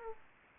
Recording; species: mosquito wingbeat signal from an infrared sensor; Aedes aegypti